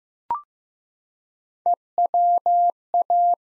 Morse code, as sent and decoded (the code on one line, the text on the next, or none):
. .-- .-
EWA